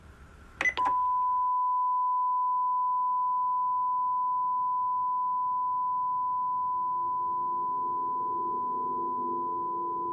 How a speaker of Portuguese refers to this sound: por favor, deixe o seu nome e número de telefone depois do bip, que nós depois contactamos.